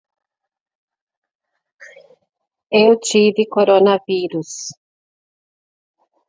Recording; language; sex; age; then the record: spoken sentence; Brazilian Portuguese; female; 50 to 59 years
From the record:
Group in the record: control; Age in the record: 50 years